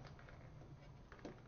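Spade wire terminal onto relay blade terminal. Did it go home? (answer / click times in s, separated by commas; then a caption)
no / none. A tight crimped spade wire terminal is pushed by hand onto the blade terminal of a new element relay for a Jen-Ken fusing kiln. Only faint handling sounds are heard: a steady low hum with a few small ticks and a short brighter tick near 1.1 and 1.3 seconds. Nothing has seated or clicked yet; the terminal is not yet home when the clip ends.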